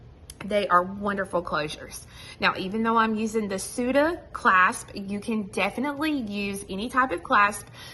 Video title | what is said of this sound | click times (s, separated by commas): Confetti Peyote Bracelet - Jewelry Making Tutorial | so when you click it you hear it click together and | 0.3 s, 0.4 s